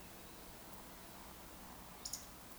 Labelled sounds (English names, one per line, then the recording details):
Eurasian Woodcock whistle
Eurasian Woodcock croak
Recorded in Baden-Württemberg, Germany, on 3 June 2021 at 19:41 UTC
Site 49334, 1074 m above sea level